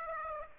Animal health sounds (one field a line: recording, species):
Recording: mosquito wingbeat signal from an infrared sensor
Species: Aedes aegypti